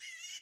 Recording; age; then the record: pig call; piglet (1 to 25 days)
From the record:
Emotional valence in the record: positive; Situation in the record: short reunion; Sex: male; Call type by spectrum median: high-frequency call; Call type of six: high-frequency modulated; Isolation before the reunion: 3 minutes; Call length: 0.41 s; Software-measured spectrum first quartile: 2539 Hz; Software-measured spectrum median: 3728 Hz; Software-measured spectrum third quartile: 6208 Hz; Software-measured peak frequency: 2985 Hz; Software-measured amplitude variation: 121 dB a second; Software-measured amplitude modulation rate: 20.7 a second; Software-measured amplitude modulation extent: 5.8 dB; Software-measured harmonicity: 6.0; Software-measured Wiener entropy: -2.71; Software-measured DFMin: 898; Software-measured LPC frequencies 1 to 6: 2066, 2905, 5162, 5769, 6531, 7894 Hz